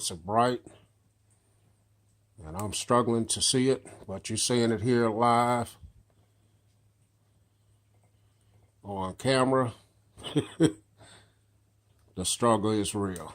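Someone fits the spring-bar pin of a silicone BossBlue replacement band toward the lug hole on a Samsung Gear S3 smartwatch case, struggling to line it up. Someone talks throughout, with pauses and a steady low hum underneath. Nothing has seated or clicked yet.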